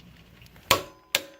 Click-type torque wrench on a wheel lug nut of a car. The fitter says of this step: So now we're going to take our torque wrench and we're going to tie it down until it clicks.